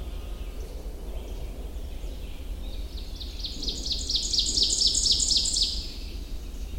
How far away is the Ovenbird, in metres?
about 15 m